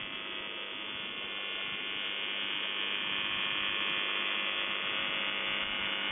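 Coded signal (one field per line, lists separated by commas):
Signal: channel marker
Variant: UVB-76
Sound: a steady, harsh, rasping buzz with dense harmonics, unbroken for about six seconds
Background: radio static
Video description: "The Buzzer" is a Russian military radiostation that broadcasts on 4625 kHz.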